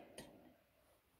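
A disc brake pad is pushed into the metal anti-rattle clip in the caliper bracket of a Scarebird front disc brake conversion on a 1937 Plymouth Coupe. One sharp click is heard at 0.2 s, then a quiet fade. The pad snaps in and is seated in the clip.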